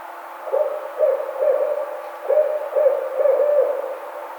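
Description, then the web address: Barred owl hooting, a rhythmic phrase of about seven short, deep hoots in two clusters over four seconds, with a faint steady background hum. Recorded 3 May 2009. "Barred Owl 2009 05 03"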